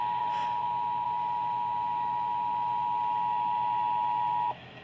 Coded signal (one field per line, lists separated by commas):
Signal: Emergency Alert System (SAME) tones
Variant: 853 and 960 Hz attention tone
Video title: FLASH FLOOD EMERGENCIES EAS Alerts from 5/14/23 (EAS#266 & #274)